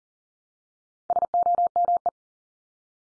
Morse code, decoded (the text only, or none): SOME